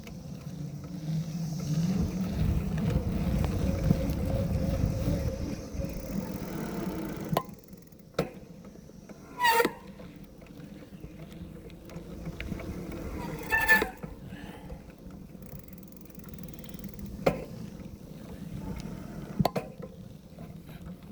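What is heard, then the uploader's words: Bike brakes squeak in short bursts near ten and fourteen seconds, between sharp clicks, after an opening stretch of low rolling rumble. Bike Brake Squeak!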